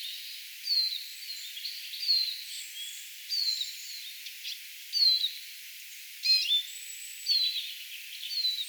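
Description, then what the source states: Eurasian siskin calling: a string of high, thin, downslurred notes at irregular intervals, with fainter similar calls and a soft hiss behind them. Several siskins flying around, recorded on 18 April 2025.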